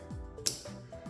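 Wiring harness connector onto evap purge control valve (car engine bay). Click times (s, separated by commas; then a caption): 0.5 s. A wiring harness electrical connector is slid onto a new evap purge valve solenoid in the engine bay of a 2023 Nissan Altima SL with the 2.5L PR25DD engine and pushed until it latches. A sharp, loud click at 0.5 s stands out over a steady musical background, and the connector is seated.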